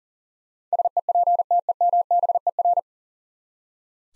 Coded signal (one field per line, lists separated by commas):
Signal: Morse code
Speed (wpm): 37 wpm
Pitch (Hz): 700 Hz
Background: none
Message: SEPTEMBER